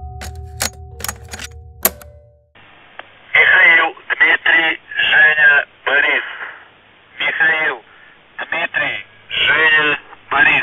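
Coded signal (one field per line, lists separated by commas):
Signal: numbers station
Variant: UVB-76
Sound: a few clicks, then a voice reading short words over a narrow, radio-filtered channel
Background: radio static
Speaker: mensajes que en ruso usando palabras claves y números mandan a las sondas de radio no suena cada día ni en días concretos sino aleatoriamente en pocas ocasiones de hecho solo si escuchas todas las emisiones podrás saber cuando y una te dejo unos ejemplos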